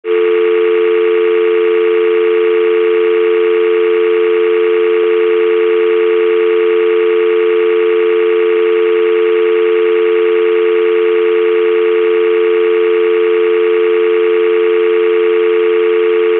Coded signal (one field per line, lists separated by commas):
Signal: telephone call progress tone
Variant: North America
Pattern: dial tone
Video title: Telephone, Dial Tone Sound Effect